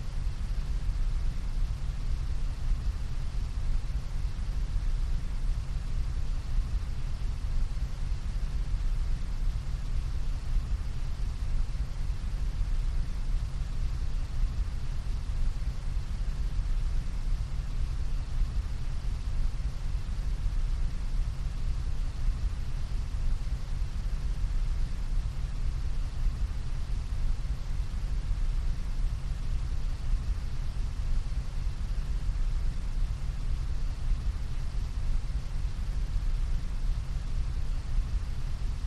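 A large floor fan drones without pause, a heavy push of air with a deep, low rumble underneath. The sound stays perfectly even across the whole stretch, dense, with a softer airy hiss above and no other sounds.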